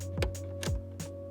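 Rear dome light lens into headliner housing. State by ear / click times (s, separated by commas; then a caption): seated / 0.2 s, 0.6 s. A plastic rear dome light lens on a 2nd-gen 2011–2016 Scion tC is aligned on its stationary passenger side and pressed at the driver's side tab into the headliner housing. Two sharp clicks at 0.2 s and 0.6 s are heard over steady background music, and the lens clips lock in, seated.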